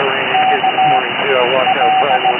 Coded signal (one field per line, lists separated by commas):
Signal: Morse code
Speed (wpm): 16 wpm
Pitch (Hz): 760 Hz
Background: speech, radio noise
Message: K L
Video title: what is this????? cb radio